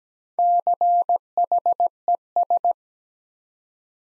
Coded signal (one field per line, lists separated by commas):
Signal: Morse code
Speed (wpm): 17 wpm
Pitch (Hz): 700 Hz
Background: none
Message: CHES